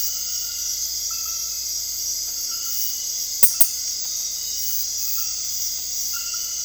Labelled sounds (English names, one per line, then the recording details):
none
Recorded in dense forest near Puerto Asís, Putumayo, Colombia, on 19 February 2024 at 02:30
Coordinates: 0.485, -76.318
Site G6408